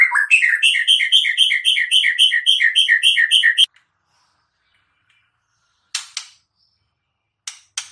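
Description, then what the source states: White-rumped shama song: a rapid string of identical two-part warbled notes repeated for nearly four seconds, followed by silence and a few sharp clicks. Recording used as a lure for trapping birds (pikat); voice described as strong.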